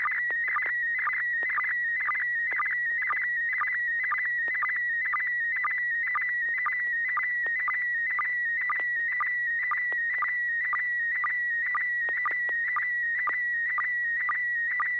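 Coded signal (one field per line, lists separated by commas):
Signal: SSTV (slow-scan television)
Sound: warbling whistle around 2 kHz, broken by rapid regular chirps dipping lower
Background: low hum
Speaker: you ready to send us a picture was their tone was tone [Music] [Music]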